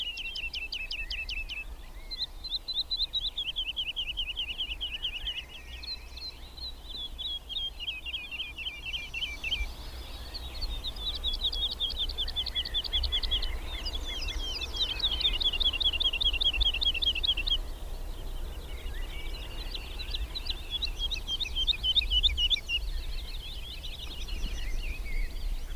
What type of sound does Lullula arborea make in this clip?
flight song